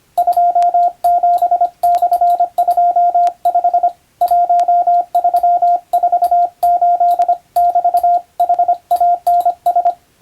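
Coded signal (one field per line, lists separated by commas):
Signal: Morse code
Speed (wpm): 25 wpm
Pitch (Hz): 700 Hz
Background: radio noise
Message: 27/25 1348<BT>HANS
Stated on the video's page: Morse receiving practice modeled on ship-to-shore telegram traffic, using a European-language telegram practice book; playback speed adjustable.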